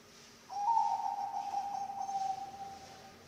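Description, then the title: Zebra dove song: a single long, even cooing note, softening toward the end. Bangkok-type zebra dove song, used as a training (masteran) recording for other birds and as a lure (pancingan). "mster Mnuk. SUARA OCEHAN BURUNG PERKUTUT BANGKOK Untuk MASTERAN dan PANCINGAN"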